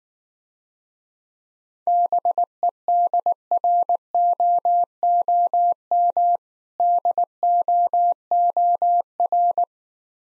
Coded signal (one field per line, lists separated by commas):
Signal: Morse code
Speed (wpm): 19 wpm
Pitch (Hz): 700 Hz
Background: none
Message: BEDROOM DOOR